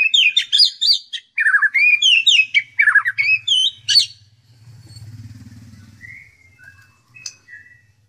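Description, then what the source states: White-rumped shama song, fast bursts of sharp, repeated slurred whistles for four seconds, followed by a low hum and a few soft, thin notes. Song style called 'tembakan', with canary (kenari) and kingfisher (tengkek) phrases worked in.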